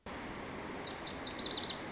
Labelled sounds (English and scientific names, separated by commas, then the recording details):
Lazuli Bunting (Passerina amoena)
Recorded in Sonoma County, California